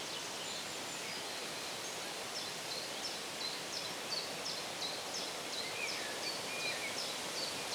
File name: ASMR Bird Sounds - Birds Chirping in the Shade